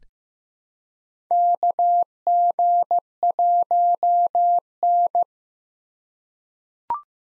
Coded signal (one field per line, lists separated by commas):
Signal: Morse code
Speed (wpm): 15 wpm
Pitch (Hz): 700 Hz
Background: none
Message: KG1N